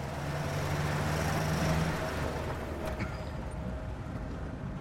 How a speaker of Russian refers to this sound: Машина едет по дороге через сосновый лес.